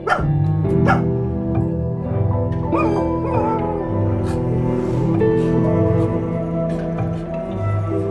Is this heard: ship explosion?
no